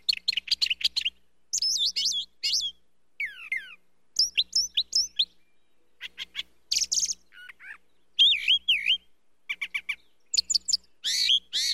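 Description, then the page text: Brown thrasher song: a long run of varied loud phrases, chirps, slurred whistles and buzzy notes, many given twice in quick succession with short pauses between. "Звук пения птицы Brown Thrasher. Sound Pack"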